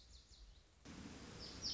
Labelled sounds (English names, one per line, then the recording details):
Lazuli Bunting
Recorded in Sonoma County, California